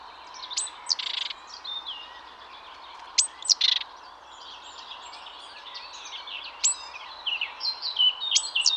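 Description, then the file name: Great tit calls, sharp high notes running into harsh buzzy churrs, twice, then scattered high notes and twittering. "Parus major"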